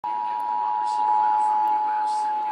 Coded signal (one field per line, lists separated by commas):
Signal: Emergency Alert System (SAME) tones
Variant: 853 and 960 Hz attention tone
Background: speech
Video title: Eas Rmt on KTRH 740am and KUHT 8.1 Eas#1395- 1396